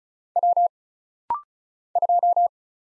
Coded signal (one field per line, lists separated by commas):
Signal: Morse code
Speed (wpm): 36 wpm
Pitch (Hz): 700 Hz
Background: none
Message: W 2